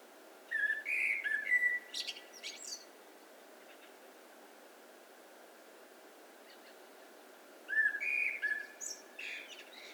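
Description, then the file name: Common blackbird singing two phrases about seven seconds apart, each a run of rich fluty whistles closing with high, squeaky twitters, steady faint hiss between. "Turdus merula"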